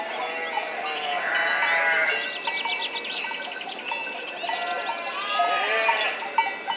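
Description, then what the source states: Sheep bleating from several animals, overlapping wavering calls that rise and fall throughout, with a steady background hiss. Sheep in an enclosure.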